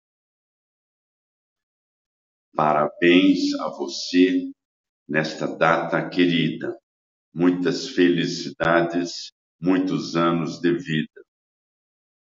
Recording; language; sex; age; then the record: short text; Brazilian Portuguese; male; 60 to 69 years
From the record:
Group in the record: control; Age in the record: 69 years